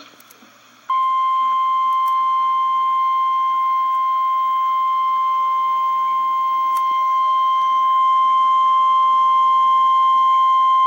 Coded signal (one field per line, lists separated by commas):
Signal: Emergency Alert System (SAME) tones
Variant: 1050 Hz attention tone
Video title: REAL EAS 344-Severe thunderstorm warning